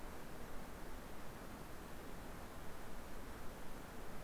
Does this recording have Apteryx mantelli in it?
no